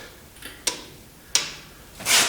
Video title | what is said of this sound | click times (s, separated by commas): Ole' Blue Restoration Project. Building the Short block Part 1 | and you just go until your wrench clicks | 0.7 s, 1.4 s